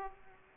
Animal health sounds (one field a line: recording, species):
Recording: mosquito wingbeat signal from an infrared sensor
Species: Aedes aegypti